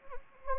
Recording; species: mosquito wingbeat signal from an infrared sensor; Anopheles gambiae